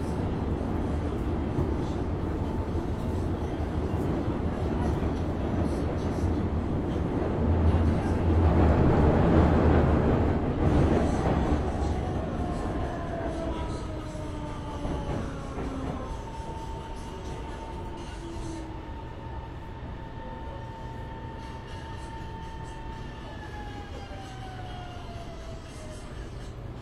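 A metro train rumbles and roars, loudest around eight to eleven seconds, then eases into a steadier low hum. Long tonal whines glide downward from about twelve seconds onward, with a sustained whistle-like tone holding through the second half over constant cooling-fan noise.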